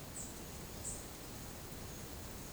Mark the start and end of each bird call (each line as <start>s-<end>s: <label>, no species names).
0.00s-0.38s: bird call
0.73s-1.02s: bird call